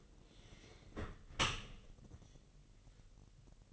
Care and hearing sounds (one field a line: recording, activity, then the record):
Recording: daily activity, microphone in the room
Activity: close dishwasher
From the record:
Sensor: 4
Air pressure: 1001.3 hPa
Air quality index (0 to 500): 248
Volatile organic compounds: 45 ppm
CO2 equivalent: 3232 ppm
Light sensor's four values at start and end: 8/17/7/6 and 8/18/7/6